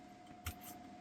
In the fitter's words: Hear that click? That means it's locked.